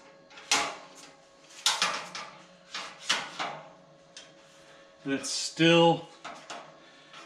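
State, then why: Not seated. A metal rail from a Dell threaded rack kit for a PowerEdge R710 server is pushed into a threaded rack post to lock it in, making sharp knocks at about 0.5, 1.7, 1.8, 3.1 and 6.5 seconds while someone talks. The rail will not fit, and nothing has seated or locked into the rack yet.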